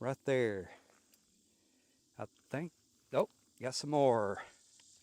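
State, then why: Not seated. Someone talks while extending the aluminium telescoping pole sections of a DOD Moto Dome Quick Tent, whose spring buttons are meant to snap into the locking holes of the next section. Between the words come a few faint taps over a steady high hiss. Nothing has seated or clicked into place yet.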